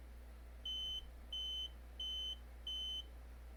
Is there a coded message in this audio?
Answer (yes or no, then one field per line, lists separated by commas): no